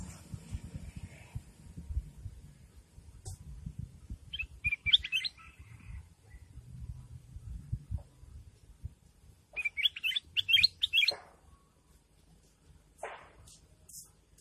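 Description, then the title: Sooty-headed bulbul song: two brief bursts of bubbly chirping notes separated by a pause, over a steady low rumbling background noise. "Suara Burung Kutilang"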